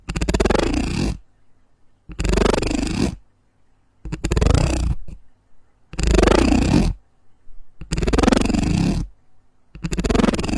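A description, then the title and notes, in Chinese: An odd material sound repeats as rough, gritty bursts about a second long, roughly every two seconds, with near silence between. 奇怪的材料音｜类似小马达震动的声音、小木块、炸耳朵等。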